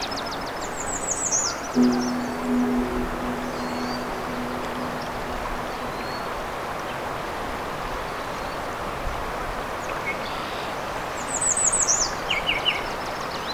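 Songbirds call along Crane River: bright, high trilled phrases sound near the start and again around the eleventh to thirteenth second, with a few faint chirps between. A steady low rushing noise runs underneath, and a low hum holds from about two to six seconds.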